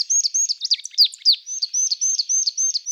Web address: Parus palustris